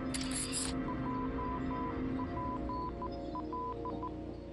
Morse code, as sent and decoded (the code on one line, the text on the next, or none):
.--- .--. .-..
JPL